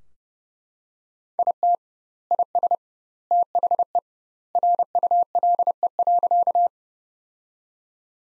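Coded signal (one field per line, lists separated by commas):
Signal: Morse code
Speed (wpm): 30 wpm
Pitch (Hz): 700 Hz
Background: none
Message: IT IS THE RULE.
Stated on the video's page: Morse practice sentences built from the top 400 words at 30 wpm, with twice the standard word spacing, similar to the Farnsworth method.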